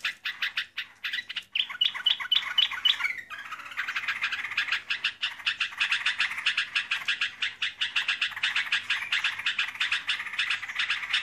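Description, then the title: Yellow-vented Bulbul calls: at first, spaced harsh notes. After a few seconds these merge into a steady, rapid chatter of rasping chirps that runs to the end. "burung rucukan"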